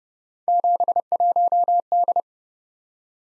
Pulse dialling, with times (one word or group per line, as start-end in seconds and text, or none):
none